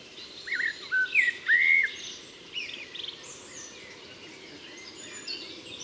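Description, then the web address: Common blackbird giving a short rich fluting phrase of a few slurred notes, followed by quieter high twitters. "SETE data Turdus merula"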